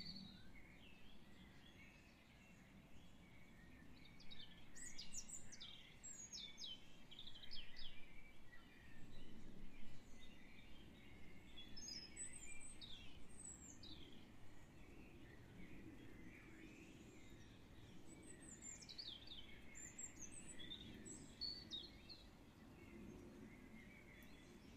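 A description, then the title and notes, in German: Birds call sparsely and somewhat subdued in the early morning, with short high chirps and thin descending whistles coming in scattered bursts, busiest around five to eight seconds and again near twenty. Beneath them runs a steady low rumble that swells slightly midway. Sonnenaufgang. Die Vögel sind schon eine Stunde vorher wach, allerdings im März noch etwas verhalten.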